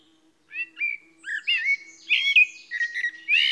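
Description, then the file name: Eurasian blackbird singing a short phrase of mellow fluted whistles that slide and warble, ending in brighter squeaky twittering notes, with a faint low hum underneath. "Turdus merula"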